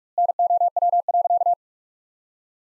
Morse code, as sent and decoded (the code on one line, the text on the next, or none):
-. --- .-- .-.-.-
NOW.